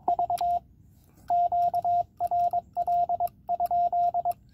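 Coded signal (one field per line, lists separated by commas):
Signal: Morse code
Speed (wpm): 22 wpm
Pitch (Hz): 700 Hz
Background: radio noise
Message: V QRL?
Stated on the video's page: Penntek TR-45L CW memory function and notch filter.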